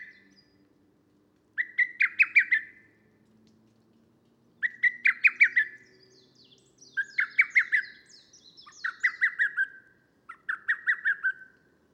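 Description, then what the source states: Lesser cuckoo giving loud staccato phrases of five or six sharp notes, repeated five times at irregular intervals. Recorded 25 June 2010.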